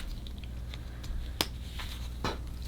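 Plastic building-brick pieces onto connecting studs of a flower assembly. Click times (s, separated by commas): 1.4 s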